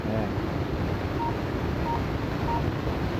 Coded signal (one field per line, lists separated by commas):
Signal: none